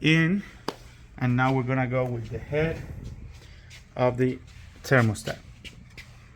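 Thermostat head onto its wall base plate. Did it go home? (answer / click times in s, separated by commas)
no / none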